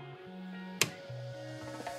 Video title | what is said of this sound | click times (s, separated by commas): Και USB και φθηνό και ποιοτικό, γίνεται; (Creative Live! Mic M3 Unboxing & Hands-on) - The GearHeadz | οποίο έρχεται εδώ και κουμπώνει πολύ ωραία μαγνητικά. | 0.8 s